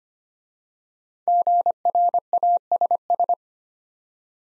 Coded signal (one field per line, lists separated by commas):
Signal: Morse code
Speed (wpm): 25 wpm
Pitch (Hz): 700 Hz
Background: none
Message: GRASS